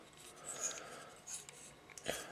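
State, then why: Not seated. Plastic legs of a Transformers Universe Cyclonus figure are moved into position at the hip/body joint, producing soft rubbing and scraping with small plastic handling taps around 1.5, 1.9 and 2.0 seconds. The legs do not snap or lock into place anywhere, so nothing has seated or clicked.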